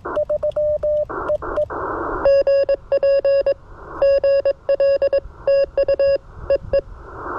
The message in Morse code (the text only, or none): GP GL TU EE